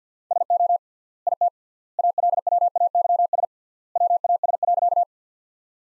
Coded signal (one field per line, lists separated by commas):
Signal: Morse code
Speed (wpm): 49 wpm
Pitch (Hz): 700 Hz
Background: none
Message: SO IT ALWAYS WAS.